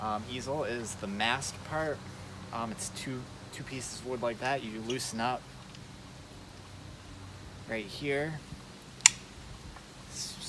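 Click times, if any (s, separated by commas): 9.1 s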